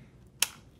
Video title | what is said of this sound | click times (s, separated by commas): Arris Raptor 2.0 for Mavic Pro with water pontoon | it's locks into place okay and same on the other side okay | 0.4 s